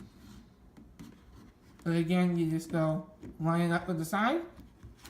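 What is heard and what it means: A detachable controller is lined up with the side rail of a handheld game console and handled as someone talks, with a few faint ticks and rubbing sounds. Nothing has seated or clicked yet.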